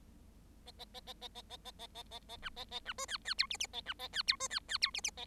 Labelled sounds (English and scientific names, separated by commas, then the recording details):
Bengalese Finch (Lonchura striata domestica) song
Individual Bird7